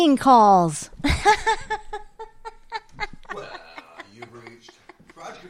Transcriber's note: laughs